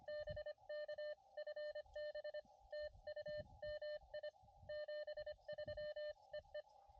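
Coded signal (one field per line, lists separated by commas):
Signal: Morse code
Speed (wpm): 25 wpm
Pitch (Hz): 1800 Hz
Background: none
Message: BK FB TU MI 73 EE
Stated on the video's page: CW POTA park activation on an Elecraft KX2 with a Chelegance MC-750 antenna and a Pico paddle.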